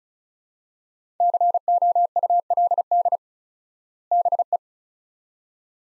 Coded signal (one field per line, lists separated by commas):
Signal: Morse code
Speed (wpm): 36 wpm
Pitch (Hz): 700 Hz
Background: none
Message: COULD BE